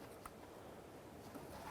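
An ABS wheel-speed sensor wire on a 1998-2011 Ford Ranger, during front axle shaft replacement, is routed up while its plastic electrical connector is handled toward the mating plug on the vehicle harness. Quiet, low-level handling noise is heard, with one brief tap at about 0.3 s. Nothing has seated or clicked yet; the connector must click in, or an ABS light will come on.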